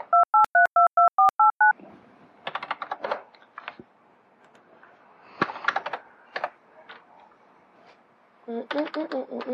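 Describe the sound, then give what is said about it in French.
A telephone number is dialed: about eight quick, evenly spaced two-tone keypad beeps in a steady run, followed by scattered bursts of clattering key taps and clicks. “Numéro de téléphone. 876.”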